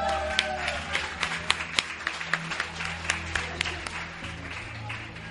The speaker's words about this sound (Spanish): ¡Por favor, un aplauso!